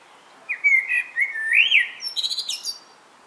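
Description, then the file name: Common blackbird singing: a low fluty warbled phrase that rises and falls, followed by a burst of thin, high squeaky twittering. "Turdus merula"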